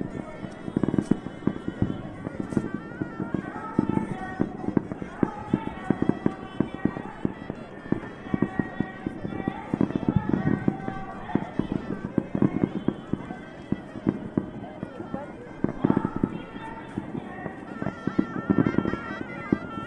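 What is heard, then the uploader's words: A town festival heard from a hotel room: dense, rapid firecracker crackle and bangs throughout, with singing voices and murmuring crowd underneath. Hotel Room Overlooking Town Festival w/ Singing & Fireworks.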